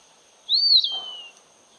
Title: LuckyPassaro Completos2Sama. Eastern Wood Pewee (Contopus virens)